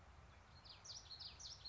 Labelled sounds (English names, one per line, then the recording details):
Common Yellowthroat
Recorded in Sonoma County, California